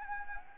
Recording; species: mosquito wingbeat signal from an infrared sensor; Anopheles gambiae